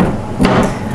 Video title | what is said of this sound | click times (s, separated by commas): Assembly of 98861, 98862 or 98863 Badger Basket Combo Bin Storage Unit with 3 Baskets | we'll get it to pop into place here once | 0.5 s